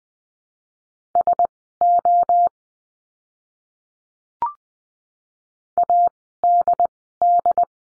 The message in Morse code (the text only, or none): SO ADD